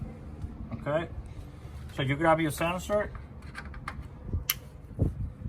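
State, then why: Seated. While replacing the radiator on a 2001 Toyota Camry, someone talks and then pushes the sensor's plastic connector clip back onto the radiator sensor. A sharp click at 4.5 s shows the connector is seated.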